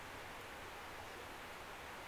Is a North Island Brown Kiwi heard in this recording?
no